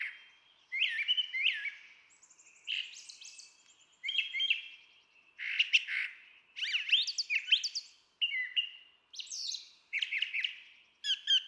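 Brown Thrasher singing varied phrases, mixing whistles, chirps and harsh buzzy notes, with short pauses between groups.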